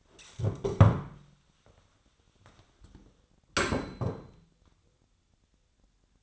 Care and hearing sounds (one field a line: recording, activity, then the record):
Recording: daily activity, microphone in the room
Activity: stand up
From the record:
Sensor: 3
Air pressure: 1015.2 hPa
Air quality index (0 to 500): 170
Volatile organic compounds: 14 ppm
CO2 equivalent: 2438 ppm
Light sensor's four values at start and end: 14/37/14/16 and 12/27/11/12